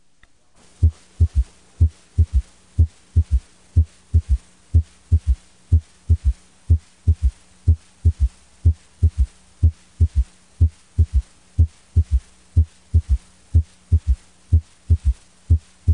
Abnormal S3 has the same characteristics and is heard over the same location as the physiologic S3. However, unlike a physiologic S3, an S3 gallop rhythm usually persists in spite of maneuvers that decrease venous return to the heart.